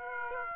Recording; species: mosquito wingbeat signal from an infrared sensor; Aedes aegypti